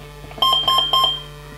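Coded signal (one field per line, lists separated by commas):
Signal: beep code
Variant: Kyosho brushless ESC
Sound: three short, evenly spaced electronic beeps from a motor speed controller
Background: low electrical hum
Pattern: 3 short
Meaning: Menu item 3: cut-off mode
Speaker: 3 bips cut off mode.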